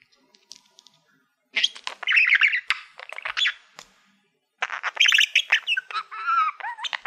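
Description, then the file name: Budgerigar chatter: two long bursts of rapid, scratchy warbling with squeaky whistled notes and chirps, separated by a quiet gap of about a second. "Budgie Sounds"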